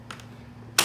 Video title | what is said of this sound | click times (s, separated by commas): Babyzen Stroller Assembly (Frame, Carrier, 0+ newborn pack, 6+ and accessories) | hear it click and you're good to go so you have two options | 0.8 s